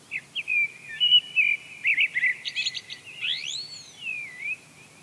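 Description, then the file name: Eurasian blackbird song: low fluted whistles building into a jumble of varied warbles, then thin high squeaky twitters and a drawn-out slurred whistle. "Turdus merula"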